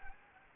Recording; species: mosquito wingbeat signal from an infrared sensor; Anopheles gambiae